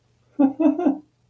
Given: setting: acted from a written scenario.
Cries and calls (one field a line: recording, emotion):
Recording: vocal sound without words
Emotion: amusement